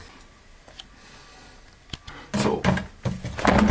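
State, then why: Not seated. A TOTO A100 Washlet bidet seat is slid back onto its mounting plate on the toilet, with light ticks near 0.8 s and 1.9 s, then louder scraping and knocking bursts from about 2.3 s to the end. The bowed toilet rim blocks the seat, so it does not latch and nothing has clicked into place.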